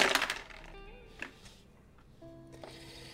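Dice rattle and clatter in a short burst as they are rolled for a charisma negotiation check, followed by a couple of faint clicks as they settle, with soft sustained musical tones underneath.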